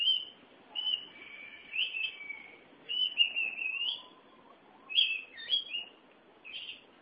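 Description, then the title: Oriental magpie-robin giving soft whistled and slurred phrases with short gaps, against a steady background hiss. Song (kicauan). "Suara Kicauan Burung Kacer"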